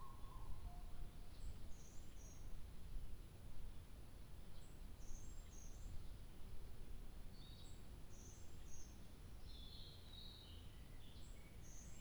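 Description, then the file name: Bird song as sparse high chirps and short twittering bursts spread throughout, with a low background rumble throughout. 2 July 2023. "birdsong 20230702"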